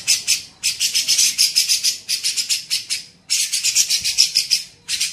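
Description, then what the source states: Grey-cheeked bulbul uttering rapid, raspy chattering pulses in several short runs separated by brief gaps. Cucak jenggot, masteran training recording for teaching songbirds.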